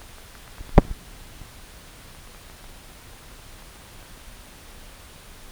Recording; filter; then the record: brain microelectrode recording played as sound; wide band, above 20 Hz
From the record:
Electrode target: subthalamic nucleus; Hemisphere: right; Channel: 1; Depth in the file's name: 5.102 mm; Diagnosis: Parkinson's disease